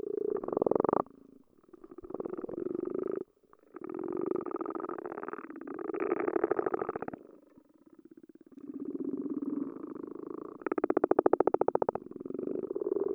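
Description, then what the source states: Frog calls underwater: rattling pulse trains in separate bouts of a few seconds, broken by short near-silent gaps. Frogs recorded underwater with a hydrophone.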